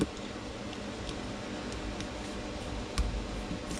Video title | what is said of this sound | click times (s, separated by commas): How I maintain my Abu Garcia 6500 C3 baitcasters. | There, it popped on. You can hear it pop. | 3.0 s